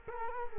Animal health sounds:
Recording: mosquito wingbeat signal from an infrared sensor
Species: Culex quinquefasciatus

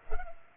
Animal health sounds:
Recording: mosquito wingbeat signal from an infrared sensor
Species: Culex pipiens

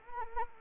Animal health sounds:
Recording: mosquito wingbeat signal from an infrared sensor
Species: Anopheles arabiensis

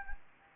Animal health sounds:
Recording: mosquito wingbeat signal from an infrared sensor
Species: Anopheles gambiae

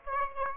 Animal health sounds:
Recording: mosquito wingbeat signal from an infrared sensor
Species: Aedes aegypti

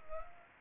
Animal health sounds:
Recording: mosquito wingbeat signal from an infrared sensor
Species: Culex pipiens

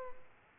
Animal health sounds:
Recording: mosquito wingbeat signal from an infrared sensor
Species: Culex pipiens

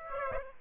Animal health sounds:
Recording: mosquito wingbeat signal from an infrared sensor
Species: Aedes aegypti

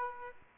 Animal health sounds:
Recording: mosquito wingbeat signal from an infrared sensor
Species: Aedes albopictus

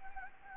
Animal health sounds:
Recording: mosquito wingbeat signal from an infrared sensor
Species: Anopheles gambiae

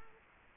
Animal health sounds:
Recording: mosquito wingbeat signal from an infrared sensor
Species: Culex quinquefasciatus

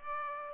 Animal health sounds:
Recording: mosquito wingbeat signal from an infrared sensor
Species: Aedes aegypti

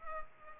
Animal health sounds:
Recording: mosquito wingbeat signal from an infrared sensor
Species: Culex pipiens

